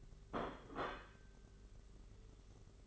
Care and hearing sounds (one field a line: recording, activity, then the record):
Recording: daily activity, microphone in the room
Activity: place plate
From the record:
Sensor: 4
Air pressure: 991.7 hPa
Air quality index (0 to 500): 125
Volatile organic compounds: 34 ppm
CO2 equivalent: 3043 ppm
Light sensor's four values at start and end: 19/64/24/24 and 19/64/24/24